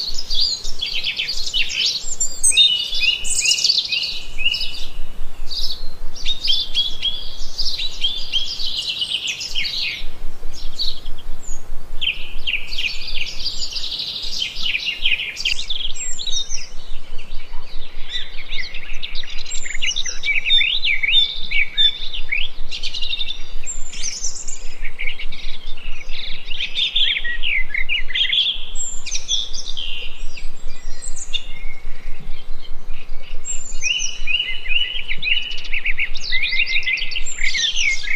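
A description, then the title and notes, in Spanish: Birds sing and chirp almost without pause for the whole stretch, several voices overlapping in bright, high, busy phrases. Brief lulls come around ten and fifteen seconds before the chorus thickens again. A faint low hum sits underneath throughout. Pájaros.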